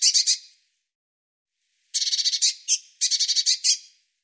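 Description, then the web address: Bird song: two bursts of fast, buzzy, high trilled notes, the second a longer phrase broken into three quick sections, with silence between. "cianscape birddata Deverinetal 2025 Bird Cy Ca"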